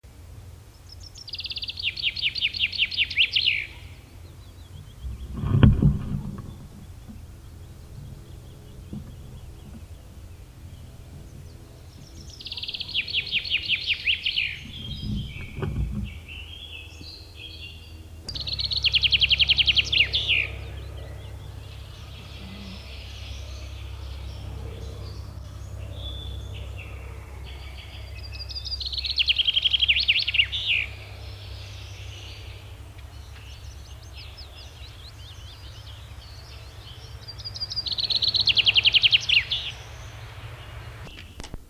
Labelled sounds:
Common Chaffinch (Fringilla coelebs) song

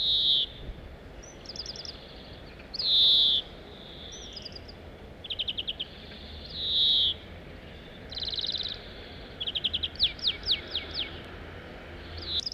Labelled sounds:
European Greenfinch (Chloris chloris) call

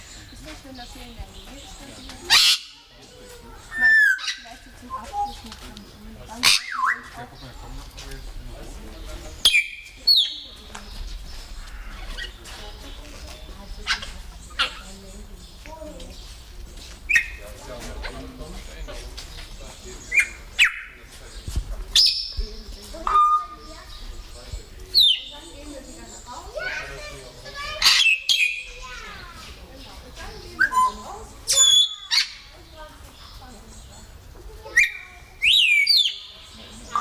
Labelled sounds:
Grey Parrot (Psittacus erithacus) call

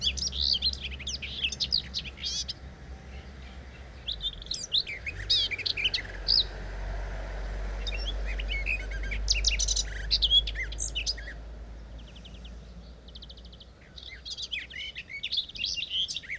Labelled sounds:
Garden Warbler (Sylvia borin) song

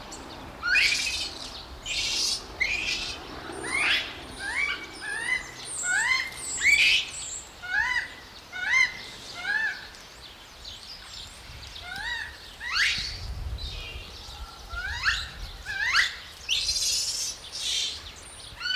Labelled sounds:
Japanese Macaque (Macaca fuscata)

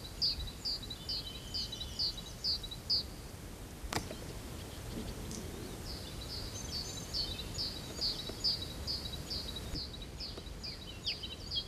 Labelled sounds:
Great Tit (Parus major) song

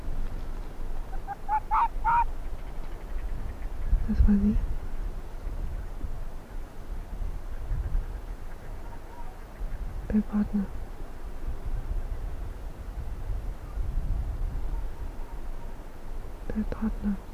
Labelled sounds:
Arctic Fox (Vulpes lagopus)

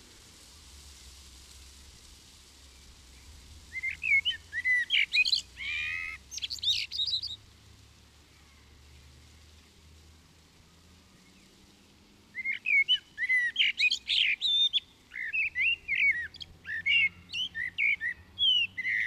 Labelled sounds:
Common Blackbird (Turdus merula) song

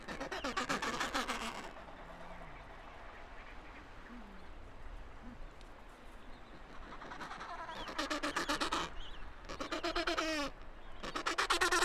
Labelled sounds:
Gentoo Penguin (Pygoscelis papua) call

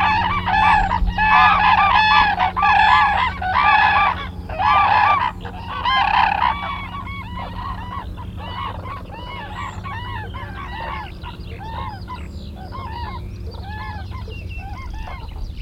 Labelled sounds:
Common Crane (Grus grus) call

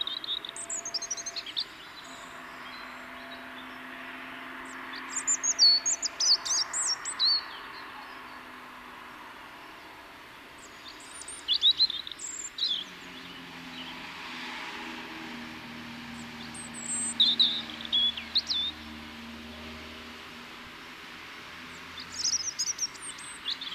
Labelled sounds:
European Robin (Erithacus rubecula) song

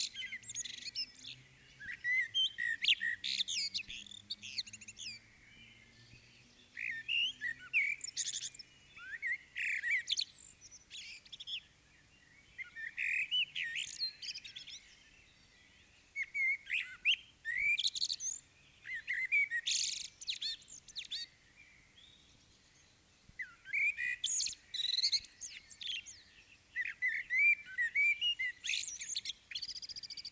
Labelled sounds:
Common Blackbird (Turdus merula) song

